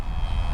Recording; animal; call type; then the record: contact call of a hoofed animal; cattle; low-frequency (closed-mouth) or high-frequency (open-mouth) call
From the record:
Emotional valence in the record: negative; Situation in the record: full separation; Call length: 0.54 s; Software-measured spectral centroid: 1490 Hz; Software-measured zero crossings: 540 a second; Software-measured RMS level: -24 dBFS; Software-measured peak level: -14 dBFS